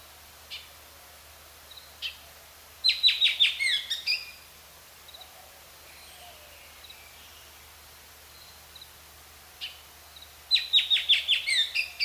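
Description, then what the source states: Bullock's Oriole song: scattered single notes, then two bursts of rapid, chattering, rattly phrases several seconds apart against faint background hiss. Both males and females sing; male song followed by female song for comparison; song has rattles and gruff introductory notes.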